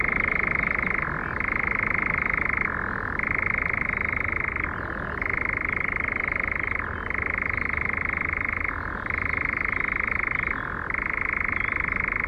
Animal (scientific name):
Caprimulgus europaeus